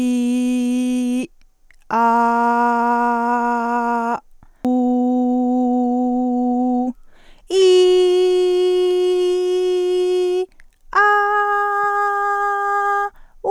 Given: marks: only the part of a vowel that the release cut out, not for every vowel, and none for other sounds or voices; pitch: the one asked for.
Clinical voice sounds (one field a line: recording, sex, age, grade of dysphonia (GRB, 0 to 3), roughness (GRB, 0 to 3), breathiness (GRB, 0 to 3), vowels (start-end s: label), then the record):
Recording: sustained vowels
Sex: female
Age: 20 to 29 years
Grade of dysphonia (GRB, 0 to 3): 0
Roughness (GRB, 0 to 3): 0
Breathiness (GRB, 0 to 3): 0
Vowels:
0.00-1.09 s: vowel /i/, normal pitch
2.95-4.00 s: vowel /a/, normal pitch
4.96-5.99 s: vowel /u/, normal pitch
9.18-10.34 s: vowel /i/, high pitch
11.26-12.77 s: vowel /a/, high pitch
From the record:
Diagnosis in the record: healthy voice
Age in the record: 21 years